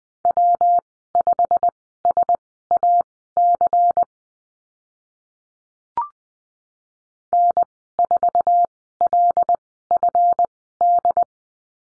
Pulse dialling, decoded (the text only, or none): none